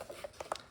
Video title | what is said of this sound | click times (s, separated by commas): Radiomaster Pocket vs BetaFPV Lite - How I chose | and then just just snaps back in | 0.4 s, 0.5 s